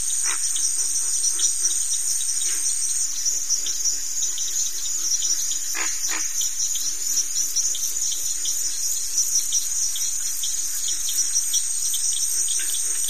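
Cricket chorus, a long even high-pitched trill, with scattered quick chirps and two louder sharp notes around six seconds.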